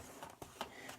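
Pressing around a plastic LCD screen bezel on an HP 2000 laptop's display lid snaps the remaining tabs into the lid, with sharp clicks at 0.2, 0.4 and 0.6 seconds. The bezel is then fully seated.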